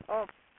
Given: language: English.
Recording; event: throat vibration sensor signal played as sound; speech